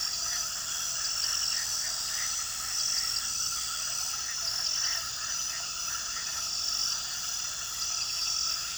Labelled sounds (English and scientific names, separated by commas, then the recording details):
none
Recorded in pastures near Puerto Asís, Putumayo, Colombia, on 18 February 2024 at 23:30
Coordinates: 0.466, -76.323
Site G6384